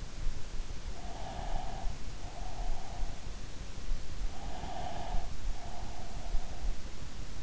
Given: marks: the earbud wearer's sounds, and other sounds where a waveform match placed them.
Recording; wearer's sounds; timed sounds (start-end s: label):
sounds in sleep by an in-ear microphone; breath
0.87-3.39 s: breath
4.29-6.81 s: breath